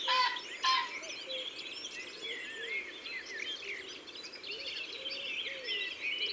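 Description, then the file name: Common pheasant gives a loud, abrupt two-note crow in the first second. Varied whistles from other songbirds and low cooing continue throughout. "Faisan de Colchide ABC des chants doiseaux"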